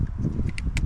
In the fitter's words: So, you hear you'll hear the click on it when you get these guys in. All right, there you have it.